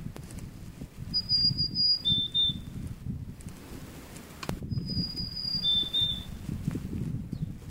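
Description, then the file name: Marsh tit making high, thin double calls, each a drawn high note dropping to a lower one, two pairs heard over low steady rumbling. "ハシブトガラ"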